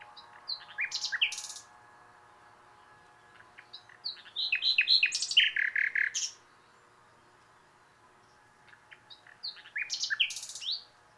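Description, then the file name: Common nightingale singing three separate phrases of sharp chirps, whistles and buzzy repeated notes, with pauses of a few seconds between them. "Luscinia megarhynchos"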